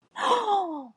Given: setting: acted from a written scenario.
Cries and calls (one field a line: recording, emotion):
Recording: vocal sound without words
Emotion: embarrassment